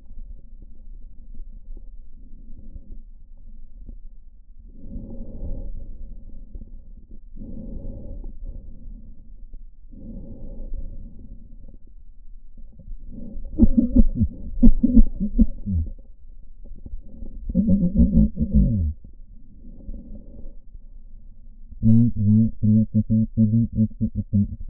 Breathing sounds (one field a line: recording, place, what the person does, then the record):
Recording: lung sounds by stethoscope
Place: right posterior basal chest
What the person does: quiet breathing, then cough and speech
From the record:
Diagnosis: none (healthy)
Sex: male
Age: 45 years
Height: 173 cm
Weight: 92 kg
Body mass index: 30.7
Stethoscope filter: diaphragm mode